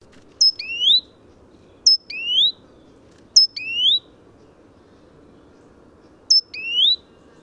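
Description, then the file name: Great tit repeating a two-part call, high sharp note then rising whistle, four times roughly every one and a half seconds, with a longer pause before the last. "Parus major"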